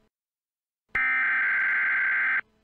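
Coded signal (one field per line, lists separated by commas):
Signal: Emergency Alert System (SAME) tones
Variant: header bursts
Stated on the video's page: Fictional nuclear attack EAS scenario made for fun; the SAME tones may or may not be valid.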